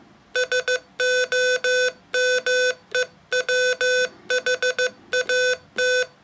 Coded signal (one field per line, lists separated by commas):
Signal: Morse code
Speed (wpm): 15 wpm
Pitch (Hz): 500 Hz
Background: none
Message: SOMEWHAT